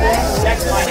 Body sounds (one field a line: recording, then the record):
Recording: background sound without coughing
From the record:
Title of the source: Nightlife Party Simulating Party Club Noise 1 Hour